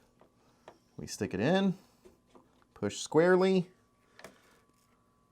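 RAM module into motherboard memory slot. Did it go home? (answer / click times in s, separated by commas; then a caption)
no / none. A second RAM memory module is being handled and pushed squarely into a motherboard memory slot while someone talks. Only faint taps and light handling ticks are heard between the speech, and nothing has seated or clicked into place yet.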